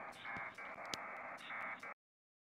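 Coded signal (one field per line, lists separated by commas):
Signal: HF data modem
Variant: PACTOR 4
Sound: dense hissing data bursts across the voice band, briefly pausing, with clicks and interference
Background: radio static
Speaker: And I fast forward to the end. This is way faster than VA. But um yeah, Bakto 4 also have some problems because of the QRM.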